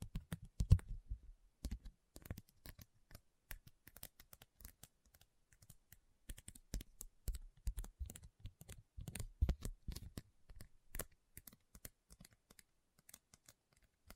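Rhinestones are tapped and scratched in quick, irregular bursts of sharp clicks, dense and crisp with some low thuds underneath. A brief pause comes near the two-second mark, then the clicking picks up again and continues unevenly to the end, sometimes in rattling clusters.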